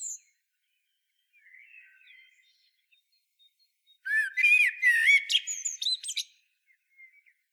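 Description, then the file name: Eurasian blackbird song, faint soft warbling first, then a loud burst of fluty notes mixed with high squeaky twittering lasting about two seconds. "Turdus merula"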